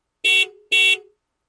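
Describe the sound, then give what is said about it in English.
A car horn in a city beeps twice in quick succession, two loud, brassy honks of equal length, each leaving a brief fading tail, with silence after. “We hear cars beep.”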